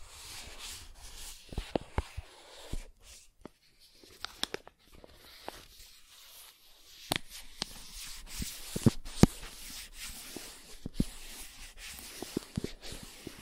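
Soft tracing across smooth and rough surfaces makes a faint, hissy scratching that thins out and returns unevenly. Sharp little ticks and taps break through at irregular moments. The rubbing grows a bit denser and louder in the second half.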